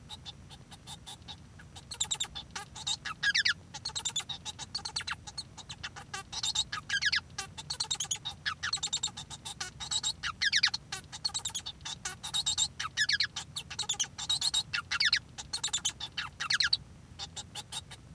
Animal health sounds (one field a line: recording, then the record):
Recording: song of a male Bengalese finch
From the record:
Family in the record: son of father 1